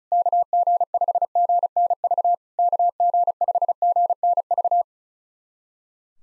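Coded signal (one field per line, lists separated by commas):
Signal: Morse code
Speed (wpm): 36 wpm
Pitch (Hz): 700 Hz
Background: none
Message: KG5GNV KG5GNV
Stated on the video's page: SOTA summit-activation QSO copying drill at 35 wpm, each exchange sent twice with spoken version between.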